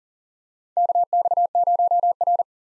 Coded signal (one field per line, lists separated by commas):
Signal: Morse code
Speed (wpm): 40 wpm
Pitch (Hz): 700 Hz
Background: none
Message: KX0R